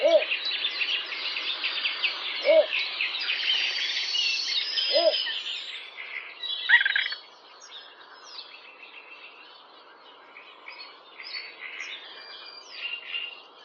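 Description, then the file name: Little bittern giving three deep short barking croaks, one about every two and a half seconds, under a busy chorus of other twittering and chattering birds. "baczek"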